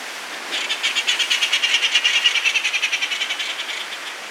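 Inca tern giving a rapid, steady series of harsh chattering notes, rising in loudness then fading over about three seconds.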